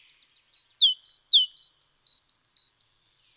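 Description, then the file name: Great tit giving a series of around ten bright, high notes, a couple dropping sharply in pitch, evenly spaced. "Parus major"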